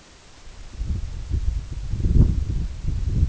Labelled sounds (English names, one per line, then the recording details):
none
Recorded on Arctic tundra, site EABA-1, on 24 June 2018
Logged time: 10:00